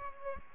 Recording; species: mosquito wingbeat signal from an infrared sensor; Aedes aegypti